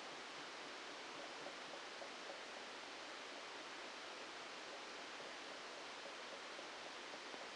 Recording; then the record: brain microelectrode recording played as sound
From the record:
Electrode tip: outside the subthalamic nucleus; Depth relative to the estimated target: -3 mm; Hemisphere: left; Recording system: NeuroSet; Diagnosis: Parkinson's disease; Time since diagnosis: 14 years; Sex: male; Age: 51 years